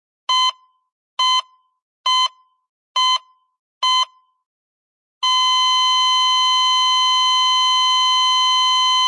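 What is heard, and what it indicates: Five regular high-pitched beeps from a cardiac monitor, about 69 per minute, then a continuous steady flatline tone.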